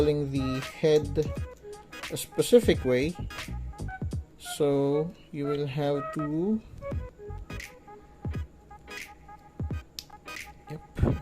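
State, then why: Seated. Someone talks over music while a swapped head is pushed onto the neck peg of a plastic Mafex Spider-Gwen action figure from Spider-Man Into the Spiderverse by Medicom Toys. A short, sharp click sounds at 10.0 s as the head seats onto the neck ball joint and is attached.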